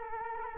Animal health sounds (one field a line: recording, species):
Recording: mosquito wingbeat signal from an infrared sensor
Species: Culex quinquefasciatus